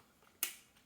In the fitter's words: to click it on